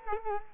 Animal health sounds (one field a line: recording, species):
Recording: mosquito wingbeat signal from an infrared sensor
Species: Culex quinquefasciatus